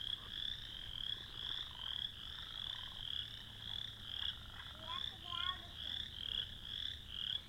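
Frog calls: high trilled pulses swelling and fading in a steady rhythm, with a few faint sliding whistle-like notes midway through.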